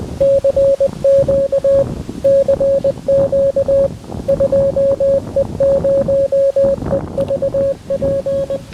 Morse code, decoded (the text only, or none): CQ CQ 2E0EVP